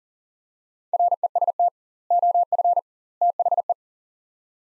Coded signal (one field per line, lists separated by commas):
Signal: Morse code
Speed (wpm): 40 wpm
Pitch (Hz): 700 Hz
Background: none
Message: REST OF THE